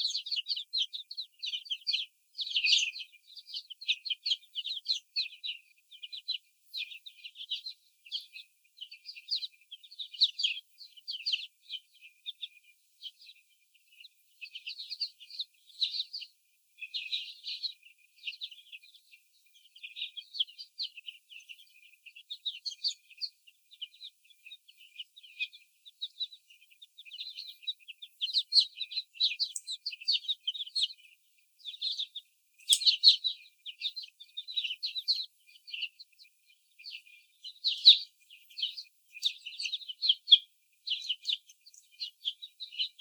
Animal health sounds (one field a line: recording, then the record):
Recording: young laying hens in a cage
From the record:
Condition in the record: before the stressor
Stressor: sudden umbrella opening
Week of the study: 3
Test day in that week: 2